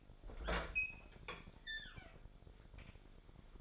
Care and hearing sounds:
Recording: daily activity, microphone in the room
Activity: open fridge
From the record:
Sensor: 5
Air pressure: 1004.8 hPa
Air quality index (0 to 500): 158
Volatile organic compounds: 3 ppm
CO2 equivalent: 1490 ppm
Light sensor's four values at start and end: 22/49/20/18 and 23/53/21/20

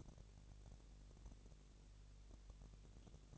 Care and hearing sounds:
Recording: daily activity, microphone in the room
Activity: no activity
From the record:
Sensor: 4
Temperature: 22.5 degrees Celsius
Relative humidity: 33.4%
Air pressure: 999.6 hPa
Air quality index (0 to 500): 231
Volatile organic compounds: 21 ppm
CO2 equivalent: 2707 ppm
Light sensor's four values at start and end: 2/3/1/1 and 2/3/1/1

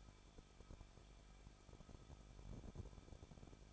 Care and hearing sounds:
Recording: daily activity, microphone in the room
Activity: no activity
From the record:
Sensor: 5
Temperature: 20.8 degrees Celsius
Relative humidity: 38.3%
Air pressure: 1006.4 hPa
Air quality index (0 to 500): 188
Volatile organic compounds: 19 ppm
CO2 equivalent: 2645 ppm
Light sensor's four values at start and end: 2/3/1/1 and 2/3/1/1

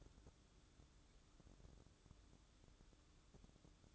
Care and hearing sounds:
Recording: daily activity, microphone in the room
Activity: take from stove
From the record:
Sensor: 3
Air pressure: 1008.1 hPa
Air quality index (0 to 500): 128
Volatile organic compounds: 2 ppm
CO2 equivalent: 1064 ppm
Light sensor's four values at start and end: 9/21/8/8 and 9/21/8/8

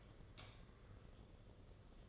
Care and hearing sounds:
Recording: daily activity, microphone in the room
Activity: light off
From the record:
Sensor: 4

